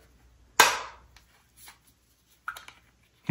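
The lid of a Hollyland LARK C1 Duo wireless microphone charging case is closed onto the case body and snaps shut with a sharp, loud click at 0.6 s that rings out briefly. A few faint light ticks and knocks follow around 2.5 s and 3.3 s. The lid is confirmed shut.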